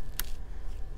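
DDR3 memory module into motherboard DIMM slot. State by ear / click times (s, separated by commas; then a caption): seated / 0.2 s. A DDR3 memory module is pressed fully into a DIMM slot on a Supermicro X9SCM server motherboard, and the side retention tab clicks into the notch on the module. Two quiet clicks are heard at 0.2 s and 0.3 s: a sharp, bright one followed by a fainter one, over a low steady hum. The module is seated, and both clicks are the sign that it went fully home.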